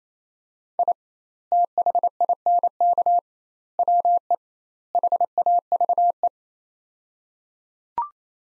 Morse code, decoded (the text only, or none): I THINK WE HAVE